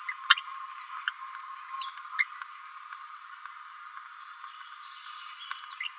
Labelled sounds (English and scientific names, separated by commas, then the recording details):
Green-rumped Parrotlet (Forpus passerinus) babbling
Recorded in a nest box in Venezuela
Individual 18B17A4